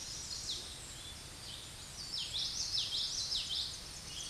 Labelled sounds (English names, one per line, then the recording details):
Common Yellowthroat song
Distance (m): 25 m
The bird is about 5 m above the microphone
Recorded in a Pennsylvania forest on 16 May 2024 at 08:34
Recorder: AudioMoth, point MSD-2320
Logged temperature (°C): 12.8 °C
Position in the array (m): 235 m, 177 m